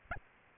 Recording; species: mosquito wingbeat signal from an infrared sensor; Aedes albopictus